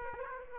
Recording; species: mosquito wingbeat signal from an infrared sensor; Aedes aegypti